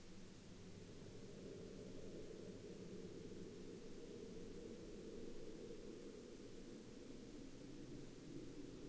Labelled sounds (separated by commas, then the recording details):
man-made sound
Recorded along the Dempster Highway, Canada, on 26 April 2019 at 22:36
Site 16